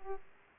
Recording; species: mosquito wingbeat signal from an infrared sensor; Aedes aegypti